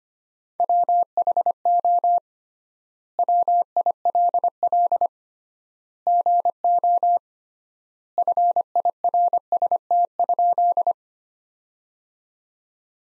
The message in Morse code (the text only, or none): WHO WILL GO FIRST?